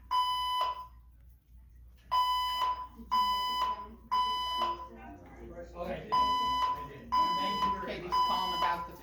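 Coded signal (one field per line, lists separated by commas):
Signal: alarm pattern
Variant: 1000 Hz temporal-3 tone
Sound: three short 1 kHz beeps, a pause, then three more, repeating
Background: people talking indoors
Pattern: temporal three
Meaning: Fire alarm evacuation signal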